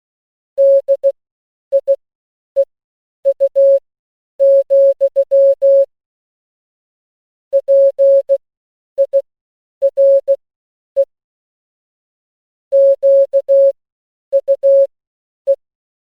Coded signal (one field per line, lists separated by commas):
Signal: Morse code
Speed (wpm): 16 wpm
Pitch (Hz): 550 Hz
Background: music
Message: DIEU, PIRE QUE